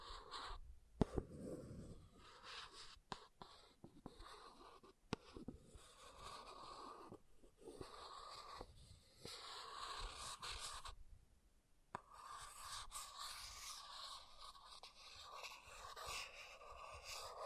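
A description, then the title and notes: Something is scratched and scraped across a surface in uneven strokes, with short dry clicks and rasps scattered throughout. Brief silent gaps fall near 1, 9 and 11 seconds, and after 12 seconds the scraping settles into a steadier, brighter rasp. ASMR Brain Melting Object Scratching (No Talking).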